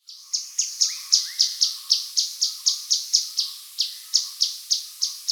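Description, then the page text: Grey-headed canary-flycatcher giving a steady run of sharp high chips, about four per second, with a couple of faint rising whistles early on. "Grey-Headed Canary-Flycatcher Call. Quick Sounds"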